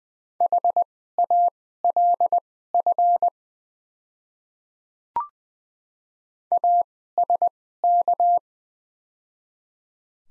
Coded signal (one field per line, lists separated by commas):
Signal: Morse code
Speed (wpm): 20 wpm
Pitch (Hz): 700 Hz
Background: none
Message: HALF ASK